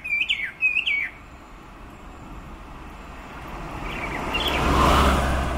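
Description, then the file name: Chinese hwamei singing two quick looping whistled phrases, then a long stretch of road noise building, with a faint phrase near the end. "Garrulax canorus"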